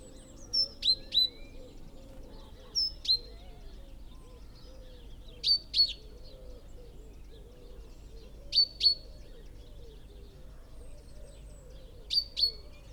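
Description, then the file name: Great tit calls, sharp high downslurred notes given in pairs or short bursts every two to four seconds, over a steady low background hum. "Parus major"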